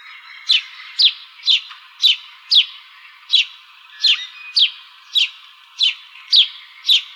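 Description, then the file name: House sparrow giving a steady series of clipped, downward chirps, roughly two each second. Recorded in Arizona on 15 April 2006. "AZFO HOSP 041506. deviche"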